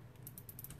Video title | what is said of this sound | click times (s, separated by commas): DIY beehive- Bee Wreath Tutorial by Sparkles in the ATL | just gonna do till I hear a little click and that is it | 0.3 s, 0.4 s, 0.5 s, 0.6 s, 0.7 s